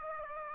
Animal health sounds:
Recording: mosquito wingbeat signal from an infrared sensor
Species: Aedes aegypti

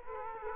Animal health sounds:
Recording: mosquito wingbeat signal from an infrared sensor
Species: Culex quinquefasciatus

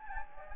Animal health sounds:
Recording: mosquito wingbeat signal from an infrared sensor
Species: Anopheles gambiae

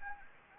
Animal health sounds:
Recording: mosquito wingbeat signal from an infrared sensor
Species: Anopheles gambiae

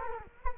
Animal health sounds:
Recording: mosquito wingbeat signal from an infrared sensor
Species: Culex quinquefasciatus

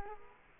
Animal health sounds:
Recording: mosquito wingbeat signal from an infrared sensor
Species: Culex quinquefasciatus

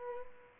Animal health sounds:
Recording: mosquito wingbeat signal from an infrared sensor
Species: Culex pipiens

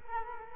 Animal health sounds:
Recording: mosquito wingbeat signal from an infrared sensor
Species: Culex quinquefasciatus

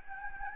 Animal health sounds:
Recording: mosquito wingbeat signal from an infrared sensor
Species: Anopheles gambiae

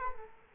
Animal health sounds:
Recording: mosquito wingbeat signal from an infrared sensor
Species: Culex quinquefasciatus

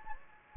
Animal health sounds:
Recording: mosquito wingbeat signal from an infrared sensor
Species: Anopheles gambiae

